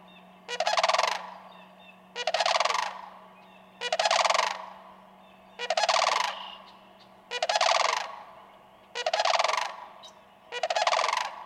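Sandhill crane calling repeatedly, seven loud, purring, rattled bugles a little under two seconds apart, over a faint steady low hum.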